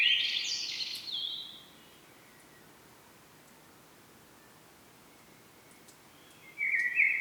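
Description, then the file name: Common blackbird giving a brief high, squeaky warbled phrase at the start, a long quiet gap, then the start of another phrase just before the end. "Turdus merula"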